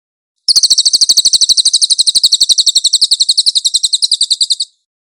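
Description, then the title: Cililin singing one continuous run of fast, sharp, high-pitched repeated notes for about four seconds, with nothing else heard. "SUARA BURUNG CILILIN"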